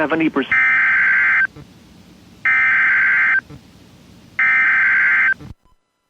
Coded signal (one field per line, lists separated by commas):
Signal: Emergency Alert System (SAME) tones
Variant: header bursts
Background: speech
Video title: My first PDS tor!!! EAS#104